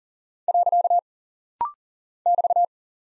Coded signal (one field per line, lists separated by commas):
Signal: Morse code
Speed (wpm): 38 wpm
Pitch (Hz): 700 Hz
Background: none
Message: . <BT>